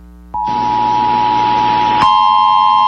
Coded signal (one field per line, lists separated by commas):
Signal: Emergency Alert System (SAME) tones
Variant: 853 and 960 Hz attention tone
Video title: ALABAMA CHAOS | EAS Alerts from January 12th, 2023 (EAS #2173-2204)